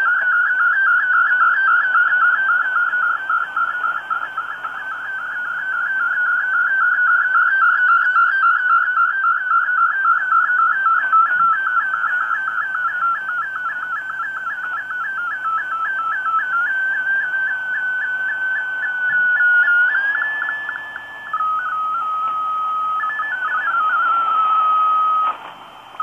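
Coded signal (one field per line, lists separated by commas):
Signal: multi-tone FSK (Olivia or MFSK type)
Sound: warbling single tone hopping quickly among several nearby pitches, ending in steady tones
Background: radio static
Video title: 5850 kHz WRMI Broadcasting Digital Modes - Sony ICF-SW7600GR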